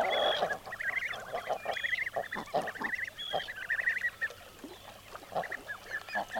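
Common eider calls, a busy mix of low croaks and higher rising crooning notes, several birds calling together with brief pauses.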